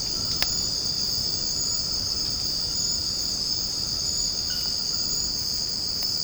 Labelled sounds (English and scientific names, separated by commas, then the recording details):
none
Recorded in secondary vegetation near Puerto Asís, Putumayo, Colombia, on 12 March 2025 at 02:30
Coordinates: 0.481, -76.318
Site G097